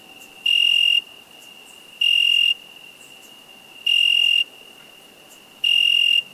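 Four high, ringing cricket chirps spaced about one and a half to two seconds apart, with a faint steady trill between.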